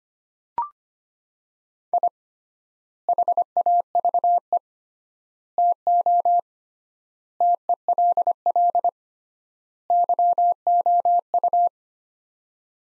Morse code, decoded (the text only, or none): I HAVE TO TELL YOU